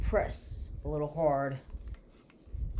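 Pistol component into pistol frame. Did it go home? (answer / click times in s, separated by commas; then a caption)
yes / 2.3 s. Someone talks while a part of a Sig Sauer P320 Legion pistol is pressed firmly back into the pistol frame during reassembly. After the talking stops, a few faint ticks are heard, and the part clicks into place with a small, sharp click at 2.3 s.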